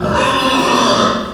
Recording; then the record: squeal of a Yucatan mini pig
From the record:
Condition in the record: after surgery on the right vocal fold (resection and tissue-engineered implant); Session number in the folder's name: 17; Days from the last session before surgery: 195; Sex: female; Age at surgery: 19 weeks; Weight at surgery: 25 kg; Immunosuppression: prednisolone